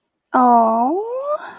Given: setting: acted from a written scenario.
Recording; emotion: vocal sound without words; adoration